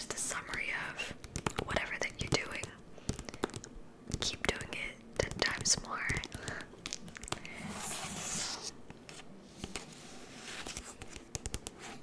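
Quick tapping, crisp clicks landing in dense, uneven bursts with brief pauses around three and nine seconds. A soft breathy whisper rises near the eighth second, and light rustling of hands runs underneath throughout.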